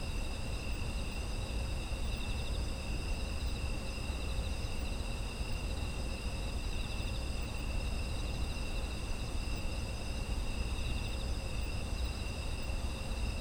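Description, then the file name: Insects trilling together in steady, shimmering high bands without pause, over heavy low-frequency rumble. Autumn insect ambience. "秋の虫の環境音"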